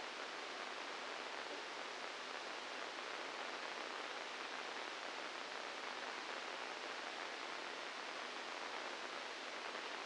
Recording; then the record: brain microelectrode recording played as sound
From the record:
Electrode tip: inside the subthalamic nucleus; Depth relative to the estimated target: 1 mm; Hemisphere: left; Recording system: NeuroSet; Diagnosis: Parkinson's disease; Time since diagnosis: 12 years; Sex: male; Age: 61 years